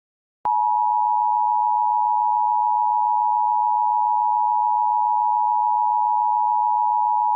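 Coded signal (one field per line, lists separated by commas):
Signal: Emergency Alert System (SAME) tones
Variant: 853 and 960 Hz attention tone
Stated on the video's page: Fictional EAS scenario.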